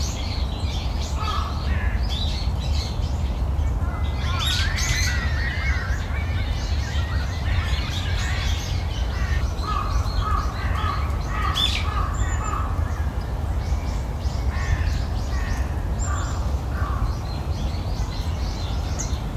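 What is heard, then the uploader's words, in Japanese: Morning in a park, with a steady low rush of flowing water filling the background throughout. Birds call over it at intervals, with short chirps and a few harsher caws, busiest around five and twelve seconds, plus a faint repeated high note. 公園の朝散歩より649鳥の声。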